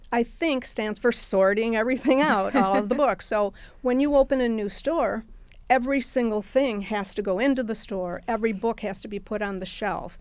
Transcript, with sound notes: I think stands for sorting everything out all [LAUGHTER] of the books. When you open a new store, every single thing has to go into the store, every book has to be put on the shelf.